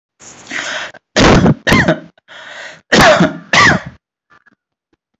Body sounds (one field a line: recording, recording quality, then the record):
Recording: heavy voluntary cough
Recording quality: excellent, no background noise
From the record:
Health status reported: healthy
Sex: male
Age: 27 years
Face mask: not worn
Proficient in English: yes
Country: India